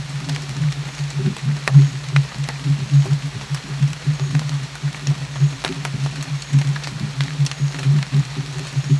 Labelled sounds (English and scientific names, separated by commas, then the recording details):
none
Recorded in dense forest near Puerto Asís, Putumayo, Colombia, on 21 December 2024 at 15:00
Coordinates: 0.484, -76.317
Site G026